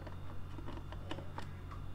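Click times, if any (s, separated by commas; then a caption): none. A Sena 50S-10 single Bluetooth motorcycle intercom unit (Harman Kardon) is being slid and handled onto the mounting clamp fixed to a helmet. Light ticking and tapping handling sounds are heard, with short sharper knocks around 0.9, 1.1 and 1.4 seconds. Nothing has seated or clicked yet; the clip ends just before the unit goes home.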